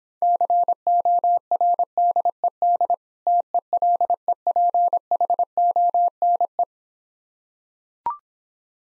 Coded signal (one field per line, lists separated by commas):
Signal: Morse code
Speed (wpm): 26 wpm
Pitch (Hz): 700 Hz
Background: none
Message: CORDED TELEPHONE